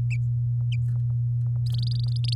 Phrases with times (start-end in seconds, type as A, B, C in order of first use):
1.66-2.36 A